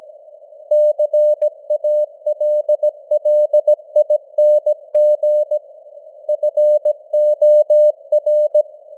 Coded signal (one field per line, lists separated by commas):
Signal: Morse code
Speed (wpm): 17 wpm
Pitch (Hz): 600 Hz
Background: none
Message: CALLING FOR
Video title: Morse Code News | 2025-11-14 | 17wpm